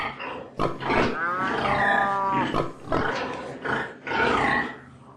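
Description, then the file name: Pig squeals: loud harmonic cries that rise and fall in pitch, broken by rougher grunting bursts, several calls over five seconds. "cochon"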